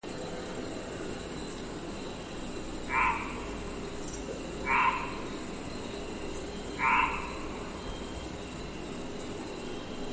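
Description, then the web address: Insects at night: a steady, very high continuous buzz, with three short lower calls breaking in over a soft background hiss. "insects night loopable"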